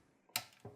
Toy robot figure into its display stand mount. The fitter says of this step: Push it right in till you hear the click.